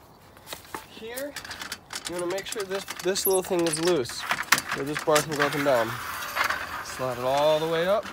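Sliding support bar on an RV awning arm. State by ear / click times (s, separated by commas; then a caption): not seated / none. Someone talks while handling the sliding support bar on an RV awning arm, loosening a small part so the bar can move up and down and starting to slide it all the way up. A few brief sharp taps are heard near the start, around 0.4 to 0.8 seconds, amid the talking. Nothing has seated or clicked into place yet.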